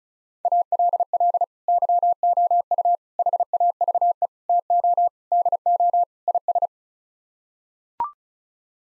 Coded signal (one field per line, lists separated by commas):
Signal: Morse code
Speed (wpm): 34 wpm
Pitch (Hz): 700 Hz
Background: none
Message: ALL YOU HAVE TO DO IS